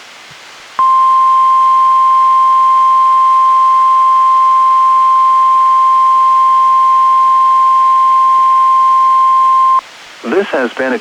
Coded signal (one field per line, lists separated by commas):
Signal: Emergency Alert System (SAME) tones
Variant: 1050 Hz attention tone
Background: speech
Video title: EAS #216-217: 2 NWR Required Weekly Tests- Jan. 3-10, 2018